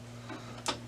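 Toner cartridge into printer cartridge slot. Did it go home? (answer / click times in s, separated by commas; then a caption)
no / none. A new plastic magenta toner cartridge is being slid straight down into its slot in a Lexmark CX410 color laser printer. Over a steady low hum, a faint soft rub sounds near 0.3 s and a brief bright scraping tick near 0.7 s. The cartridge has not clicked into place yet.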